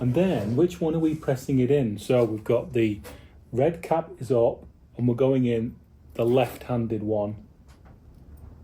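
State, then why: Not seated. Someone talks while a wire terminal is pressed into the left-handed steering connector housing, red cap up, on a Mustang electric steering setup fitted to a Crown Vic front subframe with a Range Industries kit. Only a faint, brief sound comes near the end, at about 8.4 seconds. The terminal has not clicked into the housing.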